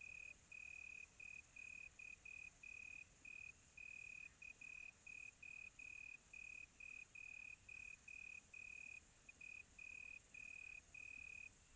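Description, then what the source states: Cricket giving brisk, high, tonal chirps in a quick, steady run, against a soft, steady hiss. Quiet tropical night.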